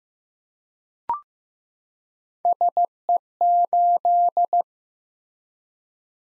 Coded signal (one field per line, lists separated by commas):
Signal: Morse code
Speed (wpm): 15 wpm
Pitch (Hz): 700 Hz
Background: none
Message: SE8